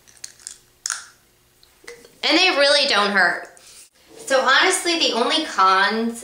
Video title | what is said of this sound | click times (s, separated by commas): Invisalign | prongs on my teeth but they're on there and then when you want to put it back in it just snaps into place | 0.9 s